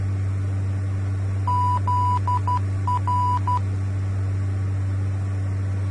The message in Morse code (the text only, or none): ZR